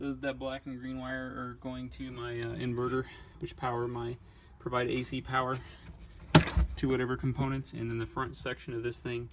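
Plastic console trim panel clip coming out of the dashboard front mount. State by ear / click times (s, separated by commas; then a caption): released / 6.3 s. In a first-generation Chevrolet Volt, the front section of a plastic center console trim panel is tipped out. Its clip releases from the front mounting in the dashboard with a single sharp click at 6.4 s, and the panel comes free. Someone talks before and after the click.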